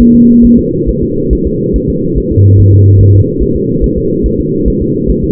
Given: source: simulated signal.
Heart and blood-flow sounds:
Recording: fetal heart sounds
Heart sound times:
0.01 s: S1
0.15 s: S2
0.45 s: S1
0.59 s: S2
0.89 s: S1
1.03 s: S2
1.33 s: S1
1.47 s: S2
1.76 s: S1
1.90 s: S2
2.18 s: S1
2.32 s: S2
2.60 s: S1
2.74 s: S2
3.01 s: S1
3.15 s: S2
3.43 s: S1
3.56 s: S2
3.84 s: S1
3.98 s: S2
4.26 s: S1
4.40 s: S2
4.68 s: S1
4.82 s: S2
5.11 s: S1
5.24 s: S2
From the record:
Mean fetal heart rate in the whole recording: 140 bpm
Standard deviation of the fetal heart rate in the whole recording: 2 bpm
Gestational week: 34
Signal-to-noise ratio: -11.2 dB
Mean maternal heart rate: 72 bpm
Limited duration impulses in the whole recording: present

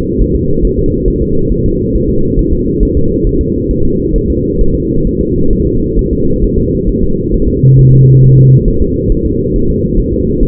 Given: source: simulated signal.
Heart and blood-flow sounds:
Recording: fetal heart sounds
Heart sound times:
0.22 s: S1
0.36 s: S2
0.65 s: S1
0.79 s: S2
1.08 s: S1
1.22 s: S2
1.52 s: S1
1.66 s: S2
1.95 s: S1
2.09 s: S2
2.39 s: S1
2.53 s: S2
2.83 s: S1
2.97 s: S2
3.27 s: S1
3.41 s: S2
3.71 s: S1
3.85 s: S2
4.16 s: S1
4.30 s: S2
4.61 s: S1
4.75 s: S2
5.07 s: S1
5.21 s: S2
5.53 s: S1
5.67 s: S2
5.99 s: S1
6.13 s: S2
6.44 s: S1
6.58 s: S2
6.89 s: S1
7.03 s: S2
7.34 s: S1
7.48 s: S2
7.79 s: S1
7.93 s: S2
8.23 s: S1
8.38 s: S2
8.68 s: S1
8.82 s: S2
9.12 s: S1
9.26 s: S2
9.56 s: S1
9.70 s: S2
10.00 s: S1
10.14 s: S2
10.43 s: S1
From the record:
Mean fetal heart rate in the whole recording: 135 bpm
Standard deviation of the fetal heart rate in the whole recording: 3 bpm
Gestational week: 36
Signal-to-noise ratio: -16.4 dB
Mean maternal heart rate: 72 bpm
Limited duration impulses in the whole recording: present

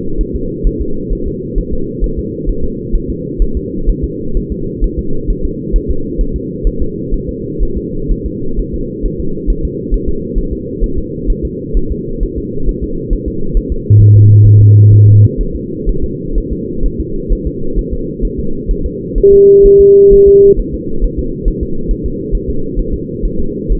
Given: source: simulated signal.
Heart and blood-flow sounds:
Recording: fetal heart sounds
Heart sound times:
0.21 s: S1
0.36 s: S2
0.67 s: S1
0.82 s: S2
1.13 s: S1
1.28 s: S2
1.58 s: S1
1.73 s: S2
2.04 s: S1
2.19 s: S2
2.49 s: S1
2.64 s: S2
2.95 s: S1
3.10 s: S2
3.42 s: S1
3.57 s: S2
3.89 s: S1
4.04 s: S2
4.37 s: S1
4.52 s: S2
4.84 s: S1
4.99 s: S2
5.30 s: S1
5.45 s: S2
5.76 s: S1
5.91 s: S2
6.21 s: S1
6.36 s: S2
6.67 s: S1
6.82 s: S2
7.14 s: S1
7.29 s: S2
7.63 s: S1
7.78 s: S2
8.11 s: S1
8.26 s: S2
8.59 s: S1
8.74 s: S2
9.06 s: S1
9.20 s: S2
9.50 s: S1
9.65 s: S2
9.94 s: S1
10.09 s: S2
10.38 s: S1
10.53 s: S2
10.84 s: S1
10.98 s: S2
11.30 s: S1
11.45 s: S2
11.77 s: S1
11.92 s: S2
12.23 s: S1
12.38 s: S2
12.69 s: S1
12.84 s: S2
13.13 s: S1
13.28 s: S2
13.57 s: S1
13.72 s: S2
14.01 s: S1
14.16 s: S2
14.46 s: S1
14.61 s: S2
14.93 s: S1
15.08 s: S2
15.41 s: S1
15.56 s: S2
15.89 s: S1
16.04 s: S2
16.38 s: S1
16.53 s: S2
16.86 s: S1
17.00 s: S2
17.32 s: S1
17.47 s: S2
17.79 s: S1
17.94 s: S2
18.25 s: S1
18.40 s: S2
18.71 s: S1
18.86 s: S2
19.18 s: S1
19.33 s: S2
19.66 s: S1
19.81 s: S2
20.13 s: S1
20.28 s: S2
20.60 s: S1
20.74 s: S2
21.04 s: S1
21.19 s: S2
21.48 s: S1
21.63 s: S2
21.91 s: S1
22.06 s: S2
22.35 s: S1
22.50 s: S2
22.79 s: S1
22.94 s: S2
23.25 s: S1
23.40 s: S2
23.72 s: S1
From the record:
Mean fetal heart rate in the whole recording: 130 bpm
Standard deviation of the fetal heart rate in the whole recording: 4 bpm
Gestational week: 38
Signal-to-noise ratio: -8.1 dB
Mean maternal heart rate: 72 bpm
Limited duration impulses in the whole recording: present

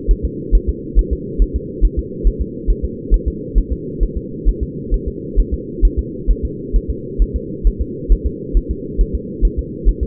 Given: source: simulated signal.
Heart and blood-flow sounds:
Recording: fetal heart sounds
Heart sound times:
0.11 s: S1
0.25 s: S2
0.55 s: S1
0.69 s: S2
0.99 s: S1
1.13 s: S2
1.42 s: S1
1.56 s: S2
1.85 s: S1
1.99 s: S2
2.27 s: S1
2.42 s: S2
2.70 s: S1
2.84 s: S2
3.14 s: S1
3.28 s: S2
3.58 s: S1
3.72 s: S2
4.03 s: S1
4.17 s: S2
4.48 s: S1
4.63 s: S2
4.94 s: S1
5.08 s: S2
5.39 s: S1
5.54 s: S2
5.85 s: S1
5.99 s: S2
6.31 s: S1
6.45 s: S2
6.76 s: S1
6.90 s: S2
7.22 s: S1
7.36 s: S2
7.67 s: S1
7.81 s: S2
8.12 s: S1
8.27 s: S2
8.57 s: S1
8.71 s: S2
9.01 s: S1
9.15 s: S2
9.45 s: S1
9.59 s: S2
9.89 s: S1
10.03 s: S2
From the record:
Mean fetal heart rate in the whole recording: 135 bpm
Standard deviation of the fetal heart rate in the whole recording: 3 bpm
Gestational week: 36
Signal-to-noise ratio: -4.1 dB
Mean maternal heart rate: no maternal heart sound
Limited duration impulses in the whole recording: absent

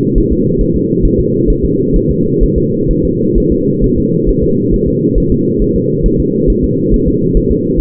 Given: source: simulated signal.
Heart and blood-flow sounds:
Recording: fetal heart sounds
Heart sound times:
0.18 s: S1
0.32 s: S2
0.61 s: S1
0.76 s: S2
1.05 s: S1
1.20 s: S2
1.50 s: S1
1.64 s: S2
1.96 s: S1
2.11 s: S2
2.43 s: S1
2.58 s: S2
2.91 s: S1
3.05 s: S2
3.38 s: S1
3.52 s: S2
3.84 s: S1
3.98 s: S2
4.29 s: S1
4.44 s: S2
4.74 s: S1
4.88 s: S2
5.18 s: S1
5.32 s: S2
5.62 s: S1
5.76 s: S2
6.06 s: S1
6.20 s: S2
6.50 s: S1
6.64 s: S2
6.94 s: S1
7.08 s: S2
7.37 s: S1
7.51 s: S2
7.80 s: S1
From the record:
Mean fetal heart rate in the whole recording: 135 bpm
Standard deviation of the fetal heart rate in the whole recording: 3 bpm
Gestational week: 36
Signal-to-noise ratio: -11.2 dB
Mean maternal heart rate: 72 bpm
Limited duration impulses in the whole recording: present

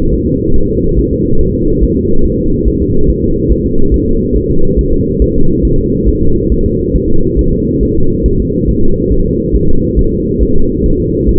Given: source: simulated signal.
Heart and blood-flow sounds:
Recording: fetal heart sounds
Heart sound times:
0.13 s: S1
0.28 s: S2
0.56 s: S1
0.70 s: S2
0.99 s: S1
1.13 s: S2
1.41 s: S1
1.55 s: S2
1.84 s: S1
1.98 s: S2
2.26 s: S1
2.40 s: S2
2.68 s: S1
2.82 s: S2
3.10 s: S1
3.24 s: S2
3.52 s: S1
3.66 s: S2
3.94 s: S1
4.08 s: S2
4.36 s: S1
4.50 s: S2
4.79 s: S1
4.93 s: S2
5.22 s: S1
5.36 s: S2
5.65 s: S1
5.79 s: S2
6.08 s: S1
6.23 s: S2
6.52 s: S1
6.66 s: S2
6.96 s: S1
7.10 s: S2
7.39 s: S1
7.53 s: S2
7.83 s: S1
7.97 s: S2
8.26 s: S1
8.40 s: S2
8.69 s: S1
8.83 s: S2
9.12 s: S1
9.26 s: S2
9.56 s: S1
9.69 s: S2
9.99 s: S1
10.13 s: S2
10.43 s: S1
10.57 s: S2
10.86 s: S1
11.00 s: S2
11.29 s: S1
From the record:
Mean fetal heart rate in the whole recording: 140 bpm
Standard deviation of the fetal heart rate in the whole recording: 2 bpm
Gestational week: 34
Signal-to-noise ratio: -19.1 dB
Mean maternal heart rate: 72 bpm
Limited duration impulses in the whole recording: present

